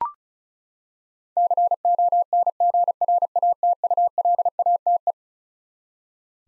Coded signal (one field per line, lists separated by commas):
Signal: Morse code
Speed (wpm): 36 wpm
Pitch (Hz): 700 Hz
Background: none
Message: CONGRATULATE